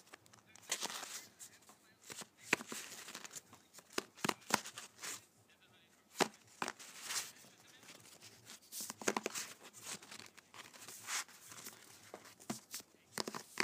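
Playing cards are handled in an irregular run of crisp snaps, flicks and papery rustles. Sharp clicks cut in every second or so, with denser, bright riffling bursts near the start, around seven seconds, and again toward the end, separated by quieter pauses.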